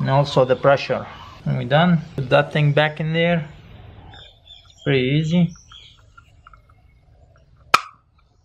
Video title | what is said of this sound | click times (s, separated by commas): Never Forget Your Car Fuel Cap! Super Easy DIY. | When you hear the click, means it's done. | 7.8 s